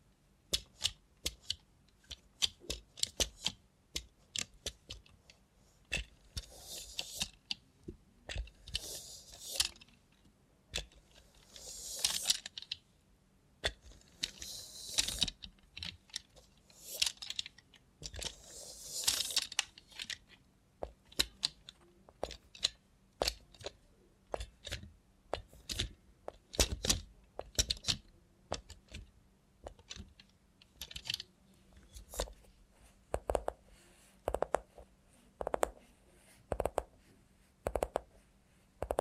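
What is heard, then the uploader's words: ASMR played with a robot hand: a steady run of sharp clicks and taps, some bunched into quick flurries, with soft hissy rustling swells around 7–20 seconds. Later the taps fall into a more regular, spaced rhythm over a faint low hum. Try ASMR with a Robot Hand (No Talking).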